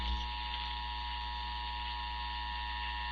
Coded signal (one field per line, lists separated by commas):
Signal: Emergency Alert System (SAME) tones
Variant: 853 and 960 Hz attention tone